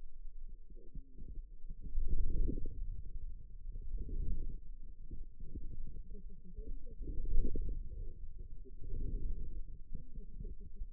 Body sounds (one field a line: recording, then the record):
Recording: forearm muscle sounds (acoustic myography)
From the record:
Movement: inward rotation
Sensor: system 2, bracelet of six BSWA MPA416 microphones around the upper forearm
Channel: 4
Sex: female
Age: 21 years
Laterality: right